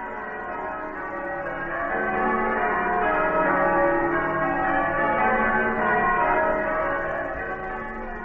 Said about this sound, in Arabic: أجراس الكريسماس يا ذئب، أجراس الكريسماس. نعم، أجراس الكريسماس أيها القسيس.